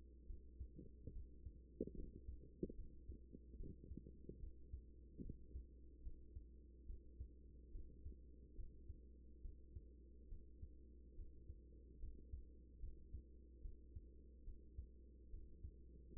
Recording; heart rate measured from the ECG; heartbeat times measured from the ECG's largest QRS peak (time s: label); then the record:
heart sounds by stethoscope; 72 bpm
0.26 s: heartbeat
1.12 s: heartbeat
1.95 s: heartbeat
2.75 s: heartbeat
3.56 s: heartbeat
4.39 s: heartbeat
5.21 s: heartbeat
6.02 s: heartbeat
6.86 s: heartbeat
7.71 s: heartbeat
8.55 s: heartbeat
9.41 s: heartbeat
10.28 s: heartbeat
11.15 s: heartbeat
11.99 s: heartbeat
12.79 s: heartbeat
13.61 s: heartbeat
14.44 s: heartbeat
15.30 s: heartbeat
16.13 s: heartbeat
From the record:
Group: healthy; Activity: rest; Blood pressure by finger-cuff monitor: 107/64 mmHg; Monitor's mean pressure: 80 mmHg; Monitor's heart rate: 72 bpm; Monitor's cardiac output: 6.1 L/min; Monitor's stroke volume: 83 mL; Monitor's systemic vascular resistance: 970 dyn s/cm5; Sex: female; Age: 24 years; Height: 163 cm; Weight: 55.7 kg